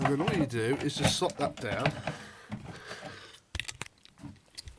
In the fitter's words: Oh, it doesn't really click, it just sort of sits down. I think that's its problem, it doesn't sit properly.